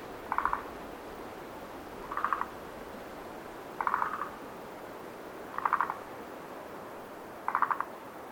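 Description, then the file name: Frog calling, five brief rattling pulse bursts spaced roughly two seconds apart, over a constant hissing wind background. Night at Lake Tazawa, with wind. "ANIMAL FROGS TAZAWAKO NIGHT WIND"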